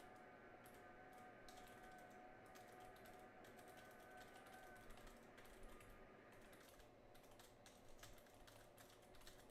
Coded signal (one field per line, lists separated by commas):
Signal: FT8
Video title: Alpha HOA Buster Gutter Antenna - Come QSO me on FT8